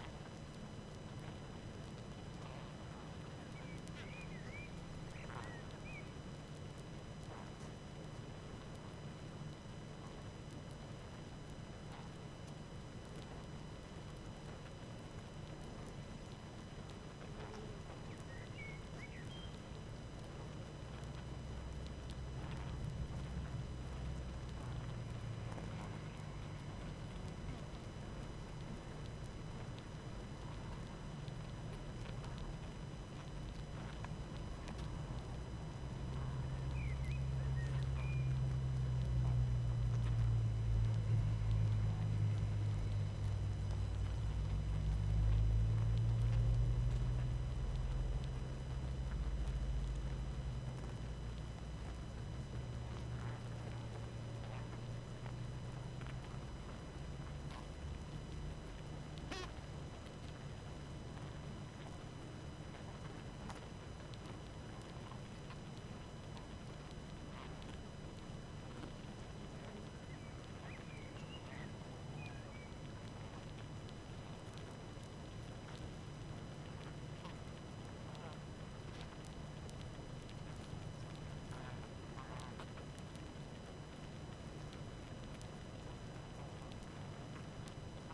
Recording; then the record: honeybee colony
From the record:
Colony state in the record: active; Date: 12 June 2018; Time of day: 18:53